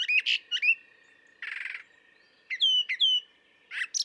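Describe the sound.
Brown thrasher song mixing doubled chirps, a burst of rapid buzzy pulses and paired down-slurred whistles, over a faint steady tone.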